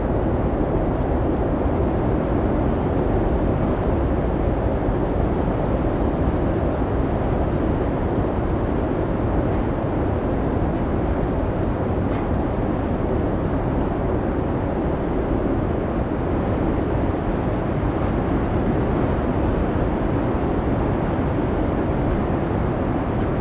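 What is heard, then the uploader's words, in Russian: A blizzard's wind roars in a steady, dense wall of sound, heavy and low, holding the same level throughout without distinct gusts. Атмосфера Зимнего Шторма | Исландский Метель и Воющий Ветер. Запись, сделанная в течение ночи во время мощной снежной бури Дидду в Рейкьявике, позволит вам испытать настоящие и неукротимые звуки воющих ветров и кружащегося снега.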